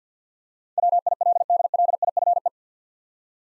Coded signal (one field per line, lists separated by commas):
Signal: Morse code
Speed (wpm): 52 wpm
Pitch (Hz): 700 Hz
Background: none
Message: WILDLIFE